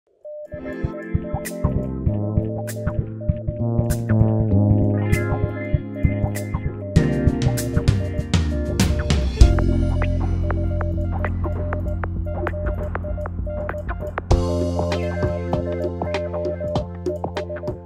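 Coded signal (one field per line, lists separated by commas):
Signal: Morse code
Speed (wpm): 18 wpm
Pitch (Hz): 600 Hz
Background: music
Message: DE G3OJV R MNI TNX FER FINE QSO ES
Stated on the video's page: HF QRP portable operation using a low-cost end-fed half-wave antenna with matching transformer.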